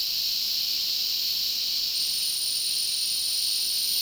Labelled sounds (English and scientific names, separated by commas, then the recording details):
none
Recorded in dense forest near Puerto Asís, Putumayo, Colombia, on 21 February 2024 at 14:00
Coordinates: 0.499, -76.324
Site G6469